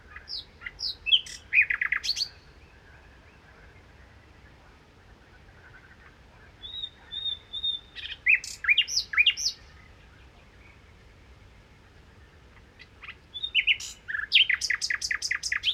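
A common nightingale sings in three bursts, near the start, around seven to nine seconds, and from thirteen seconds to the end. Each phrase mixes clear whistled notes with rapid, bright trills and chirps. Between phrases there is quiet, with only a faint low rumble underneath.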